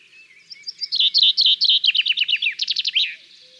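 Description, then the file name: Common chaffinch song: a bright series of rapid notes descending in steps, ending in a short flourish, lasting about two and a half seconds. "Fringilla coelebs"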